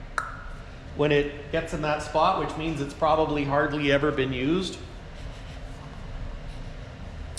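A passenger-side interior latch or adjuster in a Kenworth K100E truck cab is moved into its detent position and gives a sharp click at 0.2 s as it seats. Someone then talks, and another brief tap is heard at 7.4 s. The click shows the mechanism has probably hardly ever been used.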